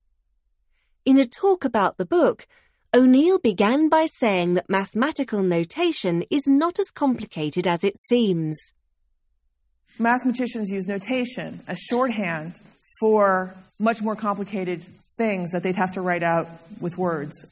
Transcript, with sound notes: In a talk about the book, O’Neil began by saying that mathematical notation is not as complicated as it seems.
(American accent) Mathematicians use notation as shorthand for much more complicated things that they’d have to write out with words.